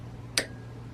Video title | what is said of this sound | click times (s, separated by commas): BOHNING HELICAL FLETCHING JIG REVIEW - How to Fletch Arrows | ahead and rotate this so now you'll hear this click so | 0.4 s